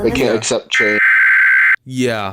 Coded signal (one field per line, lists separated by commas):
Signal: Emergency Alert System (SAME) tones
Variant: header bursts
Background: speech